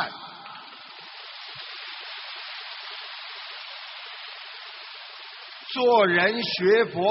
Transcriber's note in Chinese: 掌声